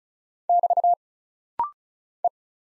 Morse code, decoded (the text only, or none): <BT> E